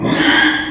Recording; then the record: squeal of a Yucatan mini pig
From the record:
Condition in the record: after surgery on the right vocal fold (resection and tissue-engineered implant); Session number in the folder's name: 3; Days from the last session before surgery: 33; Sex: male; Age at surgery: 12 weeks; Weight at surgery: 13 kg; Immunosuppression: cyclosporine, prednisolone